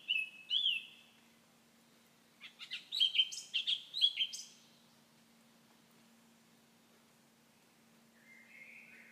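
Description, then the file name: Common nightingale with a couple of whistled notes, then a dense, rapid burst of sharp chattering phrases, followed by quiet and a faint soft note near the end. "Nachtegaal"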